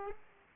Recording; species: mosquito wingbeat signal from an infrared sensor; Aedes aegypti